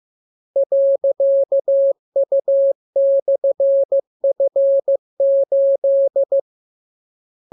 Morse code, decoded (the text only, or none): .U/F8